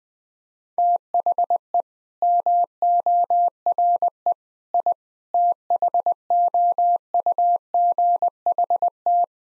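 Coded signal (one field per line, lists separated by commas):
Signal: Morse code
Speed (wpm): 21 wpm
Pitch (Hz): 700 Hz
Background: none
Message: THE MORE I THOUGHT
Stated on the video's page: Morse practice at 20 wpm: sets of nine common words for head-copy, each sent twice.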